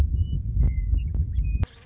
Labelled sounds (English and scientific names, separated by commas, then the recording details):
Western Meadowlark (Sturnella neglecta)
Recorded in Sonoma County, California